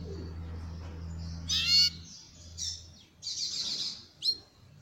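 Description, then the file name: Belgian canary singing in separated bursts: ringing harmonic notes, a rolling buzzy trill and a final sharp slurred note, with a low hum early on. Copper-coloured Belgian canary. "canto do canario belga cobre"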